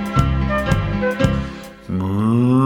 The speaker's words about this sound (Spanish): Escuchemos la vaca de Don Pedro Pablo, que está mugiendo en el establo.